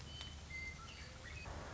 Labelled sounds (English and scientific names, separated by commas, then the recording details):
Western Meadowlark (Sturnella neglecta)
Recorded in Sonoma County, California